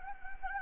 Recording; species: mosquito wingbeat signal from an infrared sensor; Anopheles gambiae